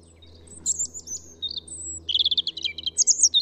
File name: Erithacus rubecula